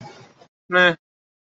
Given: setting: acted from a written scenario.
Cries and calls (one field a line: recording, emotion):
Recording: vocal sound without words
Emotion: neutral